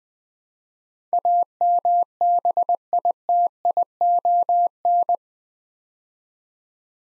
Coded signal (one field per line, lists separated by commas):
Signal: Morse code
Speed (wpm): 20 wpm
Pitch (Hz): 700 Hz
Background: none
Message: AMBITION